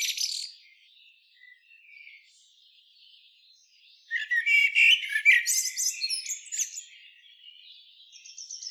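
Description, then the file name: Common blackbird, high-pitched calls: a brief squeak, soft twitters, then a loud extended series of rapid chattering and squeaky notes that slowly fade. "Turdus merula"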